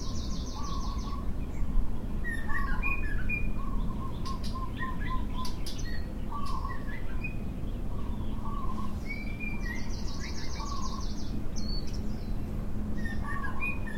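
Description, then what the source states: Birds singing, with short whistled phrases, high buzzy trills and scattered chirps from several birds over a steady low rumble. Morning birdsong.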